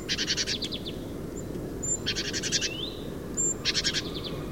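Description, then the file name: Great tit churring in three rasping, rapidly pulsed bursts spaced about one and a half seconds apart, with a short rising note and high whistles between. "Parus major"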